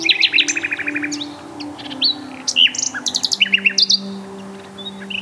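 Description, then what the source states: Common Nightingale song of rapid repeated notes, high sweeping whistles and buzzy trills, while low sustained tones shift pitch in the background. Country people call the nightingale the barley bird.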